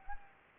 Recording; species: mosquito wingbeat signal from an infrared sensor; Anopheles arabiensis